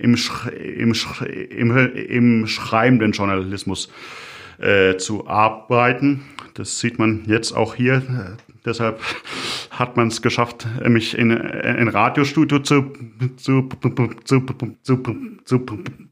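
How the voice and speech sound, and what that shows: Adult man speaking German with a lifelong stutter: repeated part-word and word repetitions, such as 'im, im, im' and 'zu, zu, zu, zu', and prolonged sounds.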